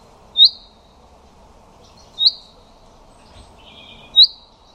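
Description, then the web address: Common chaffinch giving three brief, high, sharp call notes spaced about two seconds apart, with a soft lower bird sound between the last two. "Deverinetal 2025"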